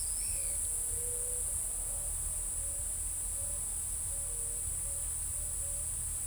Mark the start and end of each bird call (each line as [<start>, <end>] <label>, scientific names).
[0.00, 0.35] Tolmomyias flaviventris
[0.00, 6.27] Zenaida auriculata
[0.14, 0.59] Atalotriccus pilaris